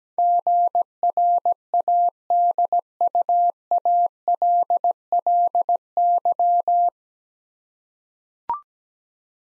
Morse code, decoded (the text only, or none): GRADUALLY